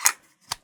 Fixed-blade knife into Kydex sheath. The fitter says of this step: snaps into place nicely, good silent carry, and you've got a rotating belt loop,